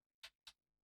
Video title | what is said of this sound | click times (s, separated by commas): Quick Dell OptiPlex 3060 Micro Disassembly and Reassembly | and then you push down it clicks in locks into place | 0.5 s